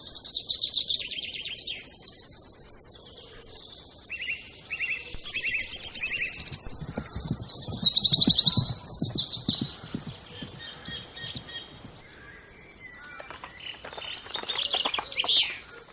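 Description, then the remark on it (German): Farmyard ambience full of birds chirping and tweeting in dense, overlapping high-pitched calls, with scattered low thumps and knocks beneath and a louder burst of activity partway through. “Ja, wir senden heute von unserem Bauernhof.”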